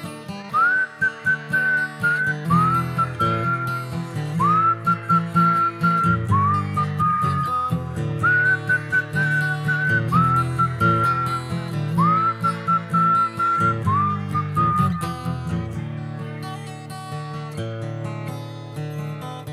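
A person whistles a bright, repeating melody in a steady rhythm, phrases rising then holding a high note, over a loud, continuous backing of low instrumental music.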